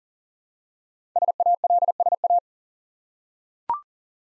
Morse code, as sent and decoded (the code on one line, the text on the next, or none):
... .- .-.. ... .-
SALSA